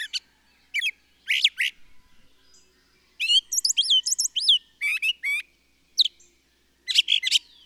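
Bird song: high chirps, looping whistled notes and twittering trills in separate bursts, with a short pause midway.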